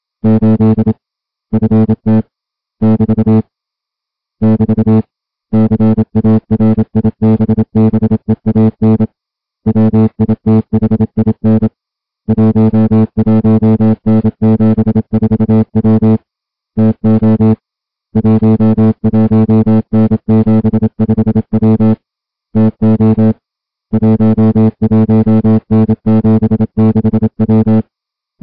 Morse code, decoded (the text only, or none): 8 FT <BT> <BT> CARIBBEAN WITHIN 11N74W TO 11N75W TO 11N76W